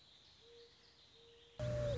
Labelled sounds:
Mourning Dove (Zenaida macroura)

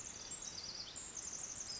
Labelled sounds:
Pacific Wren (Troglodytes pacificus)

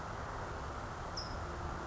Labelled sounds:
California Towhee (Melozone crissalis)

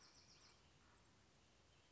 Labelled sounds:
Bewick's Wren (Thryomanes bewickii)

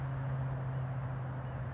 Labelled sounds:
California Towhee (Melozone crissalis)

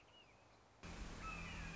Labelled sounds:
Red-shouldered Hawk (Buteo lineatus)

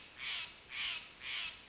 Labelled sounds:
Steller's Jay (Cyanocitta stelleri)

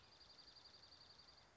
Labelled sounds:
Dark-eyed Junco (Junco hyemalis)

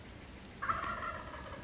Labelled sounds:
Wild Turkey (Meleagris gallopavo)

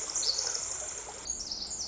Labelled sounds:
Pacific Wren (Troglodytes pacificus)

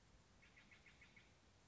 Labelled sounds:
Steller's Jay (Cyanocitta stelleri)

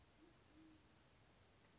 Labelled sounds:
Band-tailed Pigeon (Patagioenas fasciata)

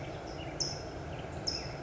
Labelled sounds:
California Towhee (Melozone crissalis)

